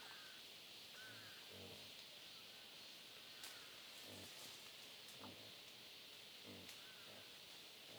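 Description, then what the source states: Wild boar giving several short, low grunts at irregular intervals with a few clicks, under a persistent insect hum. Family of wild boar feeding on acorns, Huairou District, 11 August 2022, 07:13.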